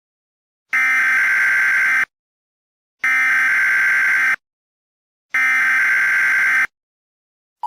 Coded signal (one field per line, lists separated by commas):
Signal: Emergency Alert System (SAME) tones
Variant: header bursts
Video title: EAS Okarche OK tornado warning Remake